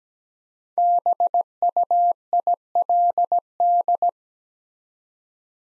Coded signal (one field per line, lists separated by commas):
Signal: Morse code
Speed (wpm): 17 wpm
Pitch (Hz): 700 Hz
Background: none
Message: BUILD